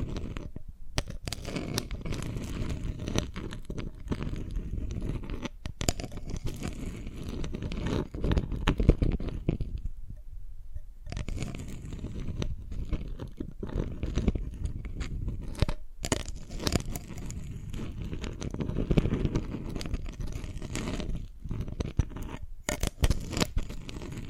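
Dalgona candy being tapped and cracked, a dense run of quick clicks and crunchy snaps, briefly pausing around ten seconds and again near sixteen.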